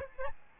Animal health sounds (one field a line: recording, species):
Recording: mosquito wingbeat signal from an infrared sensor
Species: Aedes albopictus